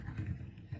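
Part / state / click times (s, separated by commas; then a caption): plunger rod into grease gun barrel / not seated / none. The plunger rod of a Harbor Freight pneumatic grease gun is released and pushed down into the grease gun barrel. Low, muffled handling rumbles and soft bumps are heard, with a faint brief sound at 0.6 s. The rod has not locked into place yet, and nothing has seated or clicked.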